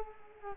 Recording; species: mosquito wingbeat signal from an infrared sensor; Culex quinquefasciatus